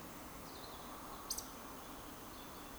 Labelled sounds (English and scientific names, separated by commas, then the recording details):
Eurasian Woodcock (Scolopax rusticola) whistle
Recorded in Baden-Württemberg, Germany, on 30 June 2020 at 19:27 UTC
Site 46046, 702 m above sea level